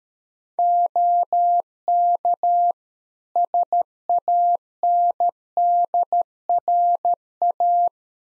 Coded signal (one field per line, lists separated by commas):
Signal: Morse code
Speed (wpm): 13 wpm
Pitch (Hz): 700 Hz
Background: none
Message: OK SANDRA